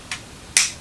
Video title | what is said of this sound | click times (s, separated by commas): PowetToys: Encore Sky Lynx | right there it what that's doing is it's locking into position | 0.6 s